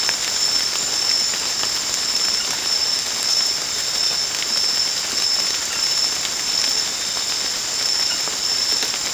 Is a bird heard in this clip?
no